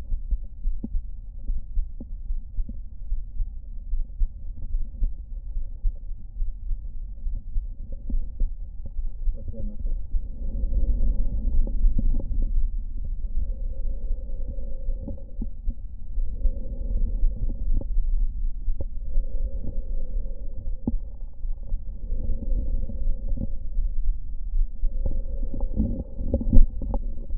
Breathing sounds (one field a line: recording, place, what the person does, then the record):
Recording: lung sounds by stethoscope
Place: right anterior apical chest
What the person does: quiet breathing, then deep breathing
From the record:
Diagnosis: none (healthy)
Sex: male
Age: 35 years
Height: 186 cm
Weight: 108 kg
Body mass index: 31.2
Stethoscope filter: diaphragm mode